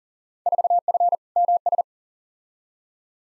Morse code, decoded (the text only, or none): 4F MS